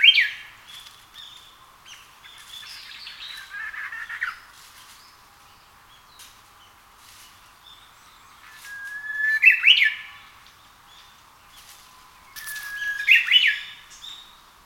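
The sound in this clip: Japanese bush warbler giving several phrases, each a sustained whistle ending in a warbled flourish, spaced a few seconds apart with quieter gaps.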